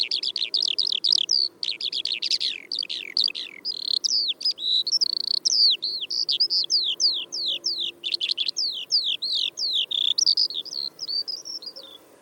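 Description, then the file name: Eurasian skylark song, a long stream of rapid chirruping and warbling notes, many sliding sharply up or down. "Feldlerche"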